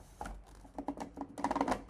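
A plastic light-trap funnel is placed into a film developing tank and twisted by hand, producing a run of sharp, ratcheting plastic clicks that grow denser and louder toward the end. Nothing has seated or clicked home yet when the clip ends.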